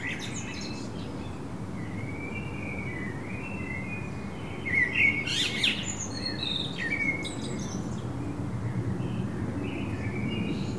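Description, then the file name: Common blackbird song phrases, fluted and warbling, with a sharp burst of squeaky high notes midway and a steady low outdoor rumble throughout. "Turdus merula"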